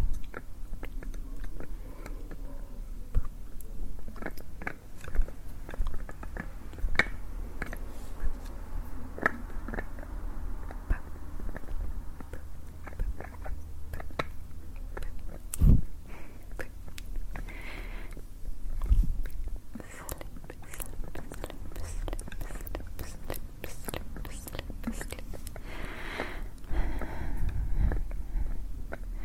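Closeup hand movements layered over one another: frequent sharp clicks and taps scattered throughout, with soft rustling and crunchy, chewing-like textures underneath. A low rumble runs steadily below, and a few heavier thumps land near 16, 19 and 27 seconds.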